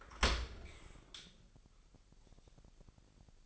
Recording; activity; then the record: daily activity, microphone in the room; open dishwasher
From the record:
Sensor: 5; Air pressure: 1000.7 hPa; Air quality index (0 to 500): 248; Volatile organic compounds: 35 ppm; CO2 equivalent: 3055 ppm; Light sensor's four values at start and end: 31/71/28/26 and 31/72/29/27